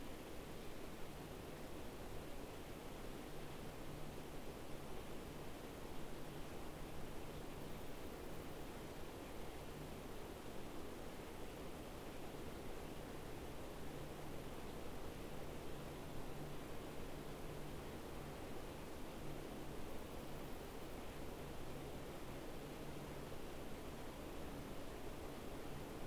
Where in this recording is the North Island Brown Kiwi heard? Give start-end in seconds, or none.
none